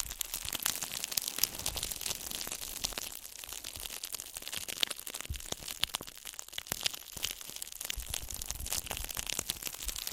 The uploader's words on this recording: ASMR Slow & Gentle Crinkle Triggers. (No Talking).